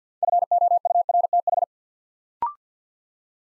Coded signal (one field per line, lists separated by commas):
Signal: Morse code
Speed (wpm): 50 wpm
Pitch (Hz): 700 Hz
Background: none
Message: FOURTH